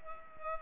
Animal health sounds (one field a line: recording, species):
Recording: mosquito wingbeat signal from an infrared sensor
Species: Culex pipiens